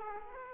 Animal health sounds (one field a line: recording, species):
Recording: mosquito wingbeat signal from an infrared sensor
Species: Aedes aegypti